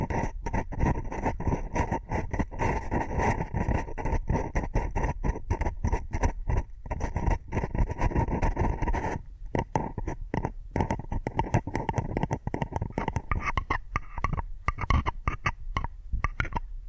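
Addictive tapping triggers: rapid, dense taps and scratchy clicks run almost without pause for the whole clip, each hit sharp and crisp. Low thuds sit under the bright tapping, and from about nine seconds on the rhythm opens up with brief gaps between bursts.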